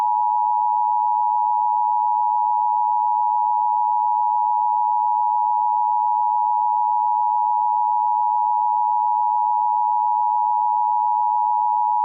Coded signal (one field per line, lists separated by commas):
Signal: Emergency Alert System (SAME) tones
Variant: 853 and 960 Hz attention tone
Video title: EAS Mock: in a Dream